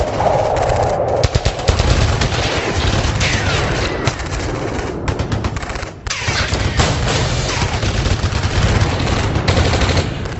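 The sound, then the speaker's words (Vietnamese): Heavy, sustained gunfire from hundreds of enemy guns firing at once, a dense roar of overlapping automatic bursts and sharp cracks that never lets up, with occasional louder booms punching through. “Hàng trăm họng súng địch, sau một vài giây ngỡ ngàng, lúng túng vì hai quả lựu đạn của Chuẩn và Chung, giận dữ điên cuồng đuổi theo hai người.”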